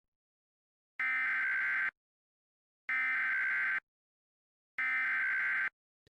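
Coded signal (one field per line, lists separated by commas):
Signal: Emergency Alert System (SAME) tones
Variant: header bursts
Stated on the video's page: Fictional mock EAS alert, "The Roach Invasion" part 3.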